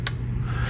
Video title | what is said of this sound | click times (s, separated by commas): Review/impressions of a very cool & limited edition We Knives Nefaris knife… an amazing flipper! | click when you click into the dent you can hear that again one more time up close | 0.1 s